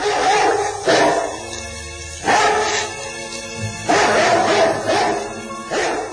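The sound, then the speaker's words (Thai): Several deep, aggressive dog barks and growling snarls of many huge hell dogs rushing in to maul creatures in hell come in loud, ragged bursts about every second or two, with rough rumbling between them and no talking. “ก็ในลำดับนั้นมีสิ่งที่น่าแปลกประหลาดเกิดขึ้นอีกมีสุนัขนรกมากมายหลายตัวแต่ละตัวนั้นก็มีตัวใหญ่มหึมาต่างก็วิ่งกรูเข้ามาหมายขย่ำสัตว์นรกต่างๆเหล่านั้น”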